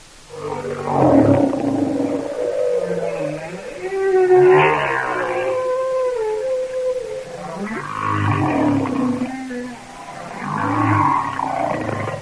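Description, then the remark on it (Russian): Song of a giant humpback whale: long, low moaning calls that swoop and slide in pitch, with a few higher wavering cries, sustained and fairly loud across several phrases with no talking. “А вот звуки, издаваемые китами. Вначале голос гигантского горбатого кита.”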